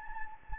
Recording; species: mosquito wingbeat signal from an infrared sensor; Anopheles gambiae